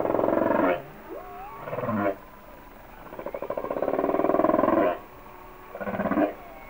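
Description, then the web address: Humpback whale song: buzzy, pulsed growls in bursts, with one longer rattling stretch and a brief upswept tone. "Natures Songs Whale Songs Sounds of Nature - Humpback Whales"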